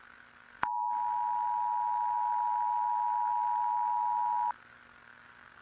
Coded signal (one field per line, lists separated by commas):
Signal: Emergency Alert System (SAME) tones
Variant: 853 and 960 Hz attention tone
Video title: EAS Scenario - The Creature: Do Not Go Outside